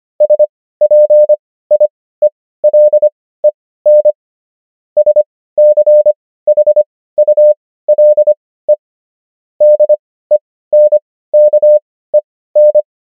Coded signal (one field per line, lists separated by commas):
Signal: Morse code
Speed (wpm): 25 wpm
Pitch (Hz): 600 Hz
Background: none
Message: SPIELEN SCHULE DENKEN